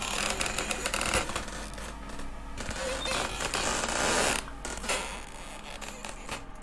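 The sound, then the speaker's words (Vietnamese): A wooden bolt is pulled out, sliding against a wooden door with a long, grating creak, rough scraping squeals rising and falling unevenly for several seconds at a steady, moderate loudness, with no voices. “Tiếng then gỗ di chuyển rít vào cánh cửa gỗ, lét ca lét két, kỳ quái.”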